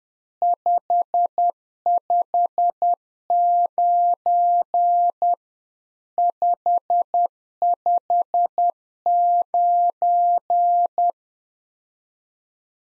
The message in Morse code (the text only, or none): 559 559